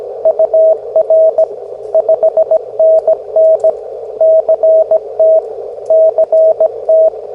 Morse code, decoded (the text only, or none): UR 5NN CT CT